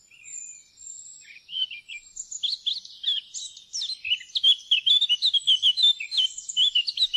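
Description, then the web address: Eurasian blackcap song opening with quiet scratchy twitters, then breaking into loud, fast, clear fluty notes repeated in a lively run. "fuglelyder- munk"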